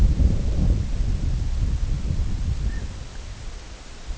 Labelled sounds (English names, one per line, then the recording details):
Snow Goose
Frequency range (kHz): Snow Goose 0.4-2.1 kHz
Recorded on Arctic tundra, site IGLO-D, on 19 June 2018
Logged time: 18:00